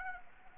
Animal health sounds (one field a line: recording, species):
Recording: mosquito wingbeat signal from an infrared sensor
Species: Anopheles arabiensis